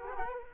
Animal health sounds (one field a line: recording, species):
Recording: mosquito wingbeat signal from an infrared sensor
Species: Culex quinquefasciatus